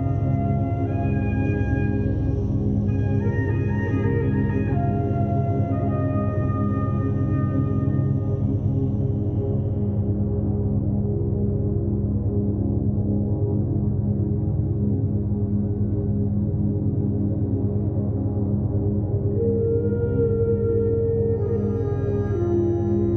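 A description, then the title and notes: Morning binaural beats: a steady low drone with a faint pulsing shimmer, bright bell-like tones ringing early, fading, then returning near the end. Morning binaural beats tuned to the beta frequency range.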